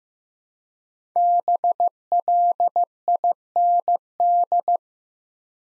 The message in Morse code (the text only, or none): BLIND